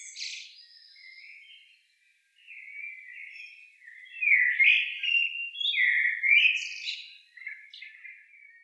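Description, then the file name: Common blackbird singing a continuous run of rich, flute-like warbling notes, rising and falling, with a short break near two seconds and a squeaky twitter at the start. "Turdus merula"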